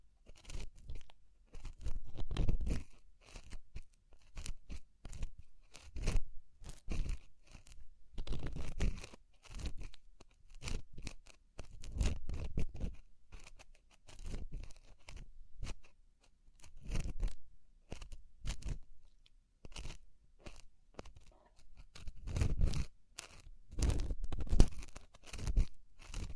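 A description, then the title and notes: An ear-cleaning session full of crunchy, scratchy rustles that come in quick clusters with brief quiet gaps between them. The bursts are short and crisp, reaching from a low thump up to bright crackle, and keep an irregular rhythm for the whole stretch. ASMR Deep Ear Cleaning Session.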